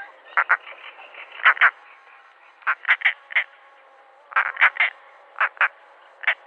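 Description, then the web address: European roller harsh croaking calls, rasping notes delivered in short groups of two to four. A pair flying. "Schulze Peter European Roller pair flying"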